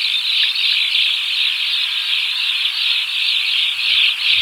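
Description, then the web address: White-collared swift screeching: a dense, continuous high shrill chatter, many harsh notes running together without pause throughout. Recorded in Ecuador. "Natures Songs S America Birds of Ecuador. White-Collared Swift"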